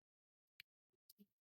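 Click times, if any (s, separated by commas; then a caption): 0.6 s. A spring-loaded extractor spring assembly and channel liner are pushed down into a Glock pistol slide during reassembly, and a sharp, short click at 0.6 s marks it snapping past the catch and seating home. Fainter handling taps and a brief rustle follow around 0.9 to 1.3 s.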